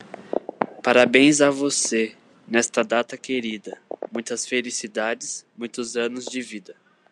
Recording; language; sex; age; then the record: short text; Brazilian Portuguese; male; 20 to 29 years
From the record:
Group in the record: control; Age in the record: 25 years